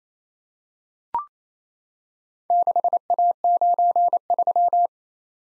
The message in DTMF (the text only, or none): none